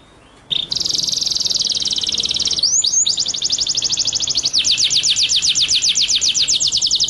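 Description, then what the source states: White-rumped shama song opening with a brief note, then a dense high rattling trill, a few slurred whistles, and further fast rolling trills in changing tones. Masteran (training) track; full song in the ngerol nembak style.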